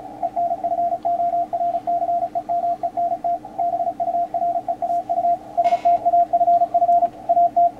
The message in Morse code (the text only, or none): ENFORCEMENT BUREAU STAFF AT